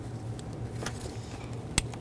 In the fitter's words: do that, I'm going to grab the plug, slide it on, make sure it clicks.